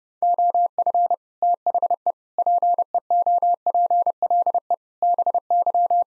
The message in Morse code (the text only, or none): OF THE PEOPLE BY